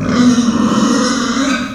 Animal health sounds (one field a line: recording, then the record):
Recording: squeal of a Yucatan mini pig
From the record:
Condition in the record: after surgery on the right vocal fold (resection and tissue-engineered implant)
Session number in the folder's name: 9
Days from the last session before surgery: 65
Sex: female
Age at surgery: 19 weeks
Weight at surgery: 25 kg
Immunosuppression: prednisolone